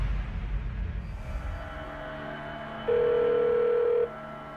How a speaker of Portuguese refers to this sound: A mãe de Daniel, Christine, liga para o telefone do filho. Nenhuma resposta.